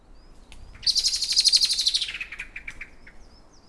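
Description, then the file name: Common blackbird with a fast run of high notes that drop in pitch, then a few softer trailing notes. "Turdus merula"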